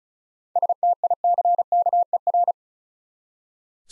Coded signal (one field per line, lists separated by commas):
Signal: Morse code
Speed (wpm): 36 wpm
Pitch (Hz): 700 Hz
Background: none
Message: STICKER